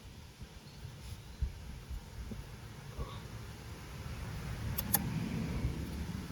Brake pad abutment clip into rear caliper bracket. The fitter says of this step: all right they clipped in